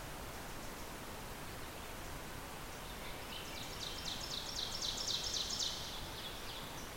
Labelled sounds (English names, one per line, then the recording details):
Ovenbird song
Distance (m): 65 m
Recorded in boreal forest in Alberta, Canada, on 14 June 2016 at 06:38
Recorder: SongMeter 3, array SBT-3-33
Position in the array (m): 110 m, 78 m
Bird 21